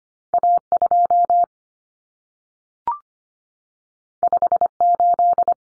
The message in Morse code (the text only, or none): A2 58